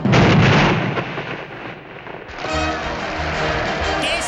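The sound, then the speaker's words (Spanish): A Looney Tunes cartoon explosion in a Spanish dub, set off when a character swallows a lit match after mixing nitroglycerin, gunpowder and uranium-238: a loud, booming blast that rolls into a rumbling decay, then gives way to a steadier, buzzing tonal sound for the last couple of seconds. “¡Explosiva, Lucas!”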